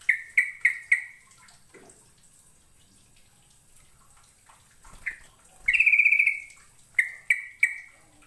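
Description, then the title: Bird giving runs of sharp clicky chirps, a long buzzy trilled phrase in the middle, then more chirps. "Kicau Burung"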